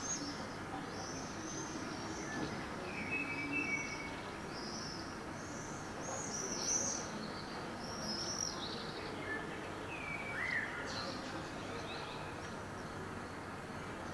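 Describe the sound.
Swifts giving thin, high screaming trills in scattered bursts, with a few short lower chirps, over a steady background hiss.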